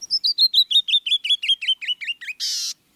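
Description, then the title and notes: Canyon Wren singing a long descending run of sweet slurred whistles, closed by one rasping buzz. Year-round resident of rocky outcrops, cliffs, coulees and mesas of the American West, Mexico to southern British Columbia, nesting in rock piles and under overhangs; song a cascade of silvery whistled notes, a glissando. "The Song of the Canyon Wren. BirdNote"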